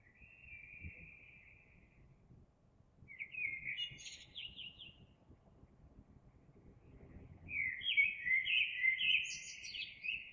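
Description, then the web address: Eurasian blackbird song of three fluty warbled phrases separated by pauses, against steady low background noise. Recorded 26 April 2022. "oiseaux Merle 2022 04 26"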